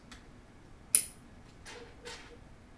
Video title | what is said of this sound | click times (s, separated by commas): On The Road #7 | has a nice satisfying click to them | 1.0 s